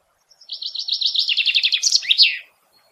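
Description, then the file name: Common chaffinch singing one full phrase: a rhythmic, slightly descending series of quick sweet notes finishing with an emphatic terminal flourish. "Fringilla coelebs"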